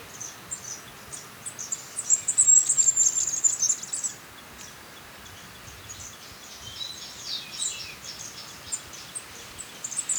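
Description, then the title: Black-crested warbler singing one high, thin, quickly chattering phrase of about two seconds, with fainter high twitters later against constant background hiss. "Myiothlypis Nigrocristata"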